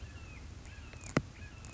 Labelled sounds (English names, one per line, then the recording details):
Red-shouldered Hawk
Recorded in Sonoma County, California